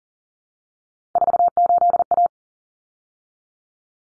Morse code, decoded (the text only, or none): 48A